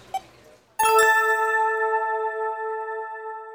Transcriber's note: fx: beeping of checkout till